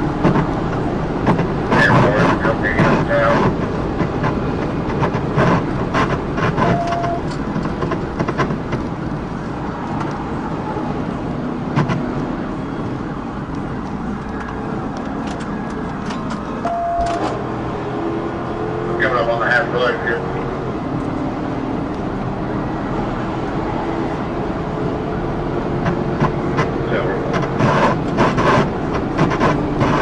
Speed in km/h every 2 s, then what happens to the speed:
188, 184, 182, 163, 142, 143, 143, 119, 121, 138, 143, 153, 163, 175, 179.
0-14 brakes to 119. 14-30 speeds up to 179.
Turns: none.